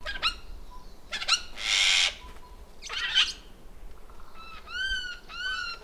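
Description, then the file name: Eurasian jay giving a harsh, noisy rasping screech, followed by another rasp and several clear, harmonic mewing notes, with short clicks between. "Garrulus glandarius"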